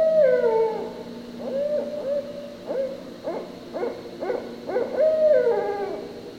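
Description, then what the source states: Barred owl calls with a drawn-out, descending wail, then a run of short, clipped hoots, and a final sliding wail. Recorded 16 October 2013.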